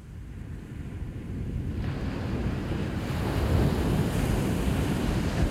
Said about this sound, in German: Am Heck des Schiffes versuchen die auseinanderstrebenden Wellen noch einen Moment den Zusammenhalt zu wahren. Der Ozean aber ergreift sie mit seinen Wirbeln, sie zerbrechen, dehnen und verlieren sich.